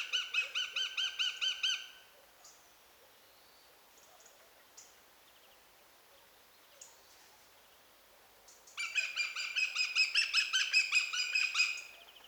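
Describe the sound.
Eurasian goshawk giving rapid, harsh repeated notes in a two-second burst, a long quiet pause with a few faint notes, then a longer loud chattering series near the end.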